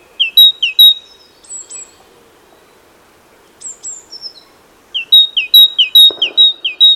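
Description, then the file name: Great tit giving bright repeated two-note phrases, a lower note then a higher one, in rapid bursts, with a few thin high whistles between series. "Parus major"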